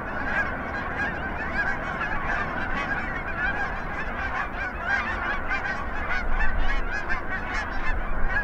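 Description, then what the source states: Canada goose flock giving dense, overlapping honks, rapid and continuous, with a steady low rumble underneath. Canada goose calling at takeoff.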